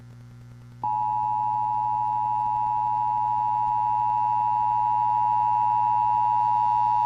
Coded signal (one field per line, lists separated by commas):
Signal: Emergency Alert System (SAME) tones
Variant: 853 and 960 Hz attention tone